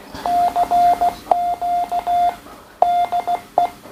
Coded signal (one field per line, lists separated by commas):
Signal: Morse code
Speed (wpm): 15 wpm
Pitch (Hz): 700 Hz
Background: radio noise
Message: CQ DE